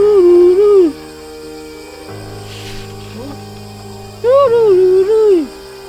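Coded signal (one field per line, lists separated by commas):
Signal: whistled language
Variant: Kongthong jingrwai iawbei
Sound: two short hummed or sung melodic calls with rising and falling pitch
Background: outdoor ambience, steady hum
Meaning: Calls the person named Badailang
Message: Badailang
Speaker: Can you call Badailang? Yeah. Call her.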